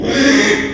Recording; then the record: squeal of a Yucatan mini pig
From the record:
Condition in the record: after surgery on the right vocal fold (resection and tissue-engineered implant); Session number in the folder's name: 3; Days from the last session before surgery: 33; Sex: male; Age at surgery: 12 weeks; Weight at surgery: 13 kg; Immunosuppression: cyclosporine, prednisolone